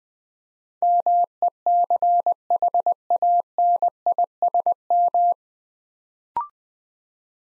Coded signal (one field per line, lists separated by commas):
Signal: Morse code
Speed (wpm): 20 wpm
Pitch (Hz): 700 Hz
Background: none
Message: MECHANISM